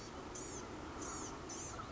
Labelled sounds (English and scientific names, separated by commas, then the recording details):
Blue-gray Gnatcatcher (Polioptila caerulea)
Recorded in Sonoma County, California